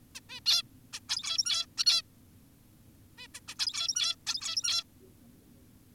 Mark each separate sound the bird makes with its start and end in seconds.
0.15-0.20, 0.29-0.40, 0.46-0.63, 0.93-1.00, 1.09-1.66, 1.78-1.85, 1.86-2.02, 3.18-3.27, 3.35-3.40, 3.48-3.55, 3.59-4.16, 4.27-4.84